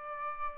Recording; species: mosquito wingbeat signal from an infrared sensor; Aedes albopictus